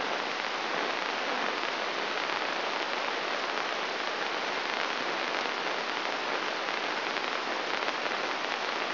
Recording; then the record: brain microelectrode recording played as sound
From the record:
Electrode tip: inside the subthalamic nucleus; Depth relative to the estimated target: -2 mm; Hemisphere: right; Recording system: AlphaMap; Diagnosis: Parkinson's disease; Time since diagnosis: 24 years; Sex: male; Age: 67 years